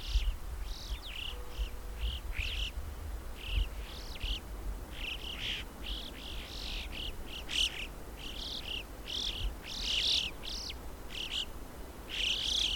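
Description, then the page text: Alpine chough calls, high arched whistled notes given in quick irregular bursts over a low rumble. "Christian Brinkman - Альпийская галка (Pyrrhocorax graculus)"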